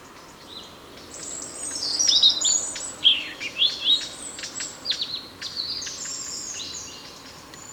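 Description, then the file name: European robin song: a burst of varied high trills and squeaky slurred notes after a quiet start, then fading to softer twittering near the end over faint hiss. "Erithacus rubecula"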